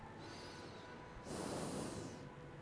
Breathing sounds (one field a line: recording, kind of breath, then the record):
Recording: one breath in and out by a microphone near the nose and mouth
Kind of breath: normal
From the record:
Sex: male